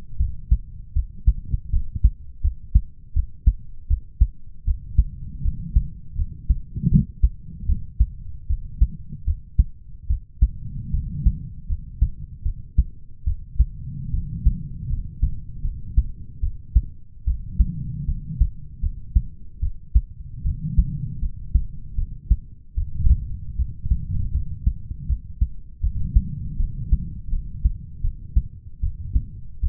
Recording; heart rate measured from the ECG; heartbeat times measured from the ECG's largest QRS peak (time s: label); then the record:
heart sounds by stethoscope; 77 bpm
0.17 s: heartbeat
0.93 s: heartbeat
1.70 s: heartbeat
2.41 s: heartbeat
3.13 s: heartbeat
3.87 s: heartbeat
4.65 s: heartbeat
5.42 s: heartbeat
6.16 s: heartbeat
6.89 s: heartbeat
7.66 s: heartbeat
8.47 s: heartbeat
9.24 s: heartbeat
10.07 s: heartbeat
10.91 s: heartbeat
11.67 s: heartbeat
12.43 s: heartbeat
13.24 s: heartbeat
14.11 s: heartbeat
14.87 s: heartbeat
15.62 s: heartbeat
16.40 s: heartbeat
17.25 s: heartbeat
18.06 s: heartbeat
18.80 s: heartbeat
19.60 s: heartbeat
20.43 s: heartbeat
21.19 s: heartbeat
21.95 s: heartbeat
22.75 s: heartbeat
23.56 s: heartbeat
24.31 s: heartbeat
25.06 s: heartbeat
25.81 s: heartbeat
26.57 s: heartbeat
27.29 s: heartbeat
28.01 s: heartbeat
28.80 s: heartbeat
29.60 s: heartbeat
From the record:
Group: healthy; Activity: rest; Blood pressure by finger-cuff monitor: 89/60 mmHg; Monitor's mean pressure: 70 mmHg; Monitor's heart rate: 78 bpm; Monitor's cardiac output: 6.3 L/min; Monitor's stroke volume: 81 mL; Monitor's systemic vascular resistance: 800 dyn s/cm5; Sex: male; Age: 20 years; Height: 187 cm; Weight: 68.9 kg